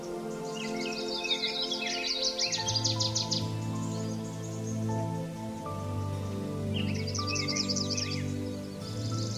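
Birds deliver quick rattling trills at the start and again near the end, while steady low tones drone underneath throughout.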